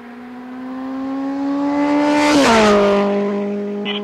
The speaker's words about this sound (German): Sie berennen mit vermutlich gestohlenem Motorrad auf der Flucht Queen Street in nordwestliche Richtung.